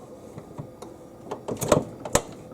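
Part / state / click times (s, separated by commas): refrigerator water filter cartridge in its housing / seated / 2.2 s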